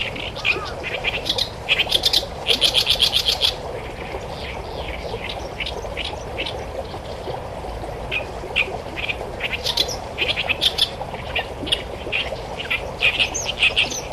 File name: great warbler